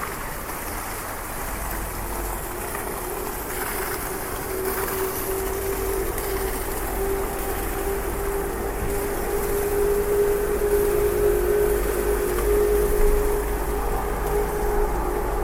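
Rain falls steadily on a street, a dense, even hiss that never lets up. Underneath runs a low rumble like passing traffic, and a steady humming tone swells in from about six seconds as the whole scene grows slightly louder.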